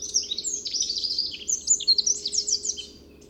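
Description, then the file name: Eurasian wren delivering one rapid, high-pitched outpouring of sharp notes and rattling trills lasting about three seconds, with a faint low hum underneath. "Troglodytes troglodytes"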